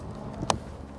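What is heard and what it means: After an H-King Super Kinetic Sport Glider, a foam RC glider, lands and ejects its battery, its canopy or hatch is pushed back onto the foam fuselage. Over a low background rumble, one sharp, loud snap rings out at 0.5 s as the hatch clicks back into place and seats.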